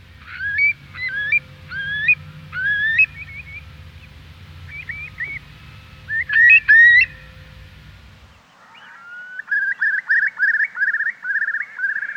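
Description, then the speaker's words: Eurasian curlew song: a series of rising whistled notes, a louder burst, then a run of rapid repeated rising notes; a low hum under the first part. Lyrical, bubbling song described as yearning and full of pathos. "So the Eurasian curlew has this lyrical, bubbling song. Absolutely stupendous. Very yearning, very full of pathos."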